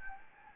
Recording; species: mosquito wingbeat signal from an infrared sensor; Anopheles gambiae